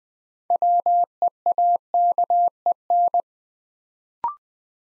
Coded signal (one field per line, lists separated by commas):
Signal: Morse code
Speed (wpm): 20 wpm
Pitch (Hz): 700 Hz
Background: none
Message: WEAKEN